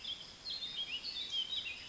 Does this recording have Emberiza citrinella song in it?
no